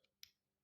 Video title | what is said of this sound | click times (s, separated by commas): Legacy United Tasmania Kid | like so just slide up and you click into place | 0.2 s